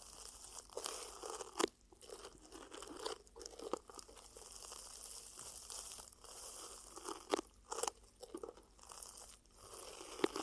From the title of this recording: Ear Cupping Triggers